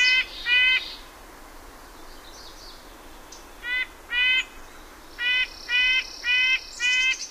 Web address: Know Your Bird Sounds Common Western Species. Red-breasted Nuthatch